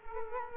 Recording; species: mosquito wingbeat signal from an infrared sensor; Culex quinquefasciatus